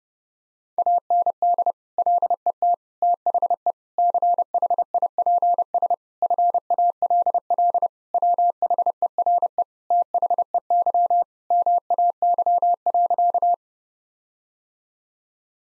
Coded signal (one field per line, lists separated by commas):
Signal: Morse code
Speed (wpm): 30 wpm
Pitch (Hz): 700 Hz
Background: none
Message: AND LET THE CHIPS FALL WHERE THEY MAY.